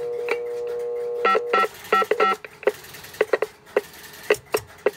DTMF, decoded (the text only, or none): 5555